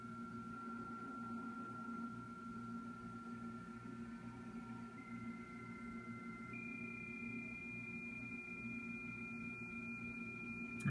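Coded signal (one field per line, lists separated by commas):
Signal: PSK31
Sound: several steady thin tones held throughout over a low hum, slight warble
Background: low hum, radio static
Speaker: it's a really strong signal sort of blocking out everyone else really strong signal up here see just k 1 i G I need so k1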